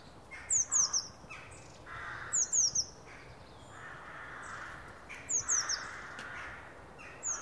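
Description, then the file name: Eurasian blue tit call, sharp high descending notes in quick clusters of three, repeating roughly every two to three seconds, with soft lower rushing sounds between. "Cyanistes caeruleus"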